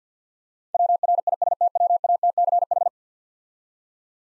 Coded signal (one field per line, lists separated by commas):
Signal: Morse code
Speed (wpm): 50 wpm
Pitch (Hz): 700 Hz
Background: none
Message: WRISTWATCH